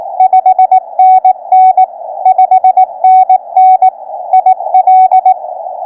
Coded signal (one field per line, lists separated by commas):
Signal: Morse code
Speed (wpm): 22 wpm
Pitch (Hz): 750 Hz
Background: radio noise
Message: 5NN 5NN IL